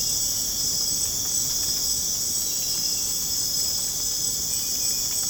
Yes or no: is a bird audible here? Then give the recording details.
no. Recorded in dense forest near Puerto Asís, Putumayo, Colombia, on 30 June 2025 at 01:00. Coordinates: 0.486, -76.317. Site G065